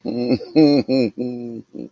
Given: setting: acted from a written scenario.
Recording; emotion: vocal sound without words; sadness